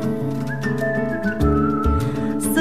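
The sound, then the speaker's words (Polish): A bright whistled melody holds long, steady high notes over a full, loud band accompaniment, with a deeper instrumental swell partway through. “…”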